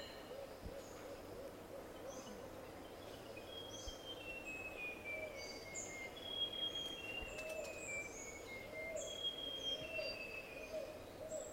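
Plain gerygone song: thin high whistled notes sliding downward, repeated over a steady background hum.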